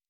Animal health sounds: hydrophone in a shrimp aquaculture tank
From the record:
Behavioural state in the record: normal

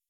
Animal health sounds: hydrophone in a shrimp aquaculture tank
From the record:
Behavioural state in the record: weakened

